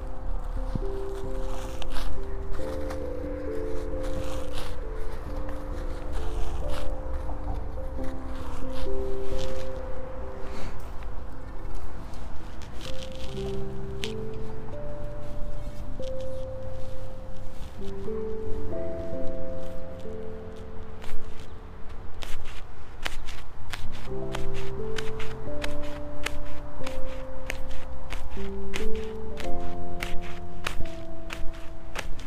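Seedlings are set into holes poked with a stick through mulch laid out beforehand, with frequent sharp crackles, taps and rustles scattered throughout. Steady tones shifting in steps like a slow melody run underneath the whole time, over a low rumble.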